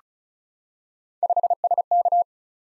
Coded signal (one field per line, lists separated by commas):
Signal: Morse code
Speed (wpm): 36 wpm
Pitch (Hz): 700 Hz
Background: none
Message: 5SK